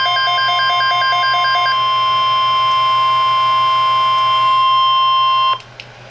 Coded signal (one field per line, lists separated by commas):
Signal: Emergency Alert System (SAME) tones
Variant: 1050 Hz attention tone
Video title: PDS Severe Thunderstorm Watch #302 [EAS #197] 6/12/13